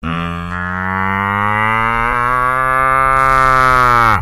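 Cow mooing in one long, steady, low call lasting about four seconds, rich in harmonics, starting abruptly and ending with a slight downward fall.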